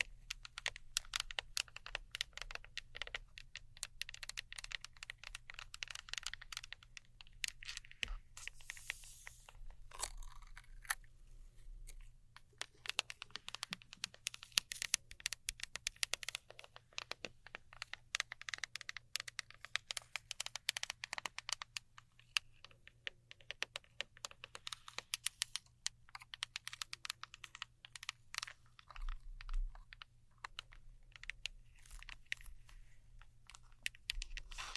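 Glow sticks, slime, sticky tape and scissors are handled in a dense run of sharp clicks, crackles and short tearing, crunching bursts, with a brief quieter lull around ten seconds. A steady low hum runs underneath the whole time.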